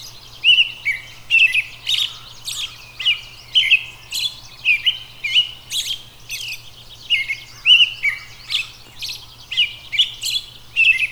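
Robin song in lively bursts of sharp, high chirps and trills in quick succession, with a constant faint low hum in the background.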